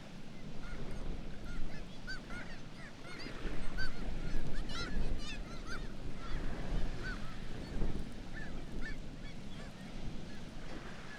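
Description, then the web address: Black-legged kittiwake calls: several birds calling at once, with bursts of louder calling, over constant low roaring noise. "sound Black-legged-kittiwake. صدای-پرنده-کاکایی-پاسیاه"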